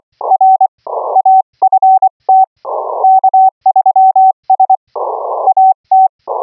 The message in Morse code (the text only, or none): RAFT K3S AT